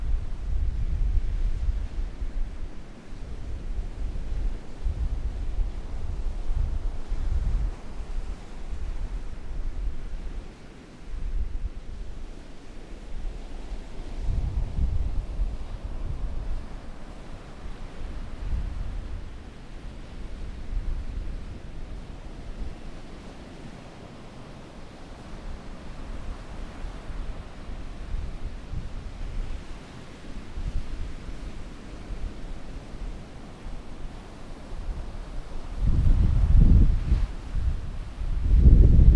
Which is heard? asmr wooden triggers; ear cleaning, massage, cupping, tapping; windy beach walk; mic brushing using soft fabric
windy beach walk